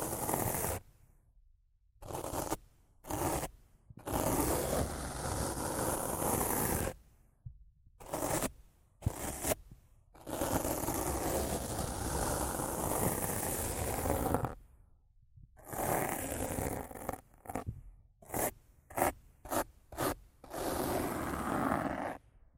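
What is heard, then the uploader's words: Rough scratching and brushing across a microphone, coming in bursts of dry, full-range scraping noise separated by sudden silences. Longer strokes fill the middle stretches, while the last seconds break into quick, choppy scratches in rapid succession. ASMR Rough Mic Scratching & Brushing (No Talking).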